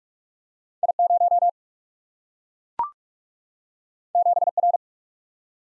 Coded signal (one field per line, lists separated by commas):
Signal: Morse code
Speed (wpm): 44 wpm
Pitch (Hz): 700 Hz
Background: none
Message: I0 7R